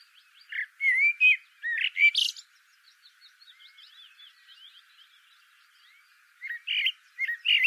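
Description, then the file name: Eurasian blackbird song: mellow whistles ending in a high squeak, a stretch of soft background twittering, then a fresh whistled phrase. "Turdus merula"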